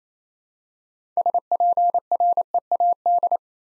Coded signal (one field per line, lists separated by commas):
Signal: Morse code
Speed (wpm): 28 wpm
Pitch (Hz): 700 Hz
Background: none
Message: SPREAD